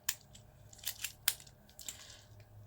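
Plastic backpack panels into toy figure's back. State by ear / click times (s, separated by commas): seated / 0.1 s, 1.3 s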